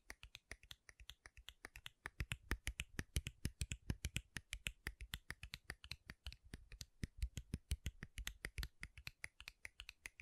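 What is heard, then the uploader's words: Rapid, crisp tapping on makeup containers fills the whole stretch, sharp clicks landing several times a second in uneven bursts. The taps are bright, sounding snap-like, with faint scratchy texture between them. ASMR MAKEUP TAPPING & SCRATCHING 3CE Unboxing (No Talking).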